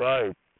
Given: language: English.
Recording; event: throat vibration sensor signal played as sound; speech